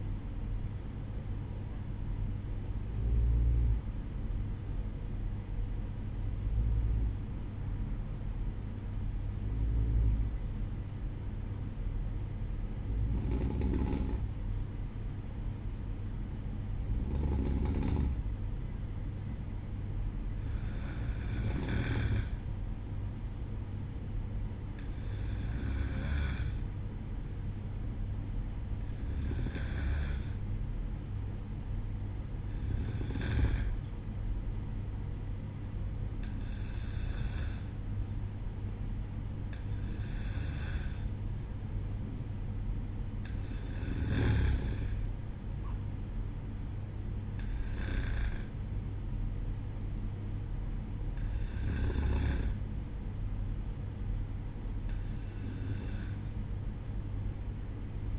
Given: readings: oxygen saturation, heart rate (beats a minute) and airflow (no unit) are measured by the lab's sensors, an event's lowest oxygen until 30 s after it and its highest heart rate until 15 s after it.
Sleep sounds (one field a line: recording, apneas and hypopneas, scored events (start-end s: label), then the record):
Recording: breathing in sleep by a smartphone at the bedside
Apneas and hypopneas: 1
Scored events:
7.00-30.60 s: hypopnea (N2, oxygen 95% highest, then 93% lowest, heart rate 60 at the start, 64 highest)
From the record:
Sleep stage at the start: N2 (light sleep)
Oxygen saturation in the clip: 93 to 96%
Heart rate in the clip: 59 to 65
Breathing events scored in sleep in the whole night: 305 in 9.6 hours asleep